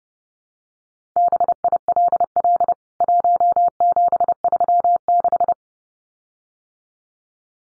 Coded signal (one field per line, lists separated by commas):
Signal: Morse code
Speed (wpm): 30 wpm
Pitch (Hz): 700 Hz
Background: none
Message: BILL 1736